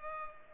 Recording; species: mosquito wingbeat signal from an infrared sensor; Culex pipiens